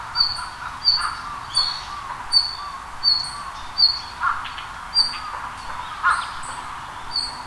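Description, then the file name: Red-flanked bluetail calling with short, high, thin notes repeated many times over soft background noise. "ruribitaki"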